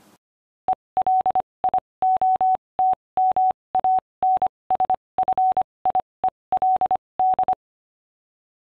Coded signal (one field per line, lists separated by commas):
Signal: Morse code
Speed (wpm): 25 wpm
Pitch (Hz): 750 Hz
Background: none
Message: ELIOT MANSFIELD